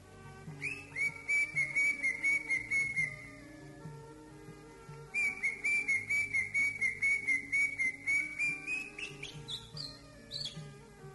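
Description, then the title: Greater green leafbird singing two long bursts of rapid, even whistled notes, about four a second, separated by a short pause, with a faint low hum behind. "Cio. Burung Cucak Ijo"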